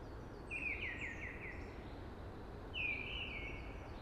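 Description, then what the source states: Eurasian blackbird sings two rich whistled phrases, the first ending in a quick twittered run, with faint high notes and a steady hiss. Early blackbird singing amongst hushing conifers.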